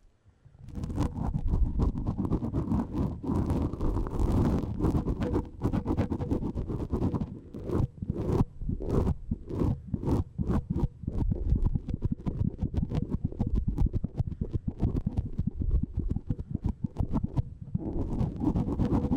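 A small brush is swept across a microphone, making a dense, muffled scratching rumble. The strokes are quick and continuous from the first second, with a steady rough texture and a short pause near the 17-second mark before the brushing resumes.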